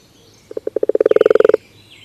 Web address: common toad